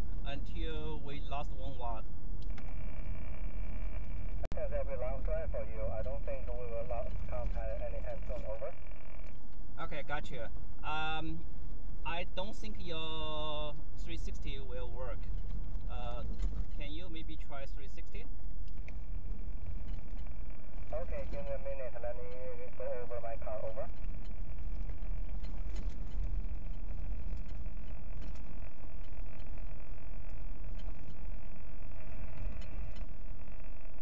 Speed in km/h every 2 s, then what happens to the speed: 44, 44, 40, 34, 32, 32, 32, 32, 34, 35, 37, 35, 34, 34, 34, 32, 26.
2-7 slows to 32. 7-29 steady at about 34. 29-34 slows to 26.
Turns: none.